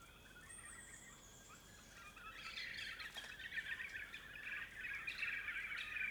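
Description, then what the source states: Small birds singing together, overlapping twittering and chirping phrases that grow busier after two seconds, with a high thin whistle early on. Several small birds in the forest at dusk.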